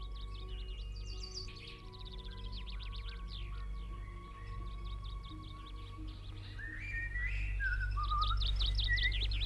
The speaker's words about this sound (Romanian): Și păsările cântă. Uite, după mine dimineața asta nimic nu mai frumos ca ciripitul lor. Să le ascult. Să le ascult.